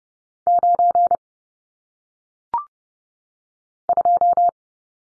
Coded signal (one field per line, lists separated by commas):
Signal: Morse code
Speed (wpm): 30 wpm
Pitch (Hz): 700 Hz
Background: none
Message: 9 2